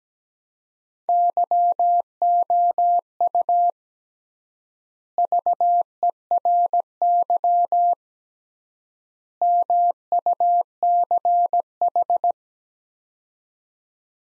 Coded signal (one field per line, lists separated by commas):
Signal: Morse code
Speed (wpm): 17 wpm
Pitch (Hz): 700 Hz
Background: none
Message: YOU VERY MUCH